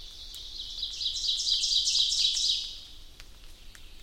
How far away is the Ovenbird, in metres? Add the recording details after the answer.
about 30 m. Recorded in boreal forest in Alberta, Canada, on 2 June 2016 at 06:00. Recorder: SongMeter 3, array SBT-3-7. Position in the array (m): 49 m, 143 m. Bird 4